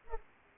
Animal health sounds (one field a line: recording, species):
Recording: mosquito wingbeat signal from an infrared sensor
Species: Culex pipiens